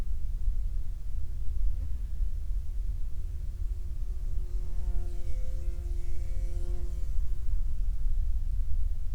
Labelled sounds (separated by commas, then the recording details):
insects
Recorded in the Prudhoe Bay oil fields, Alaska, on 9 July 2019 at 09:51
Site 28